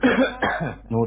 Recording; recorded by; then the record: voluntary cough; telephone call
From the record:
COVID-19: positive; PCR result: self-reported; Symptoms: yes